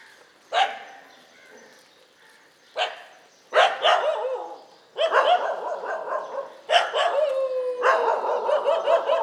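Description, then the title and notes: Dog barking in bursts of harsh, rough barks, quiet gaps between the first few, then a denser run of overlapping barks toward the end. Several dogs barking together in morning street ambience on Mission Street, MG Road area, Puducherry, India. "WRMJ+487, Mission St, MG Road Area, Puducherry, 605001, Inde - Concert de chiens. Ambiance matinale sur Mission Street - Concert de chiens. Prise de sons : JF CAVRO"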